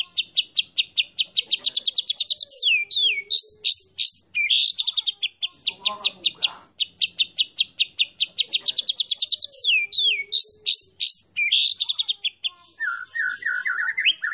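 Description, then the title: White-rumped shama song, long fast rattling trills broken by looping whistled slurs, the trills returning several times, ending with lower rising chirps. Masteran (tutoring) recording of a champion (juara) bird. "Masteran Murai Batu Juara"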